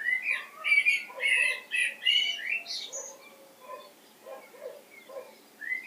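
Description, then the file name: Common blackbird giving loud, rapid chattering phrases with high squeaks, followed by softer, lower clucking notes repeated at an uneven pace. "Turdus merula"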